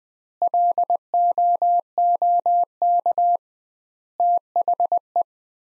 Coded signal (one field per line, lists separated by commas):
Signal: Morse code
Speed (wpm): 20 wpm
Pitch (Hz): 700 Hz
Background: none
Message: LOOK THE